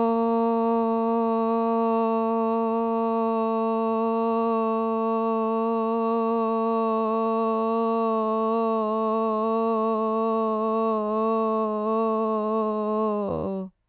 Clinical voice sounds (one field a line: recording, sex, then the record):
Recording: sustained vowel /o/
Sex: female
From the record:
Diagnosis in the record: Parkinson's disease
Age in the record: 54 years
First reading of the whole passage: 55 s, 9.4 characters per second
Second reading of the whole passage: 50 s, 10.4 characters per second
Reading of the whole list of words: 55 s, 5.1 characters per second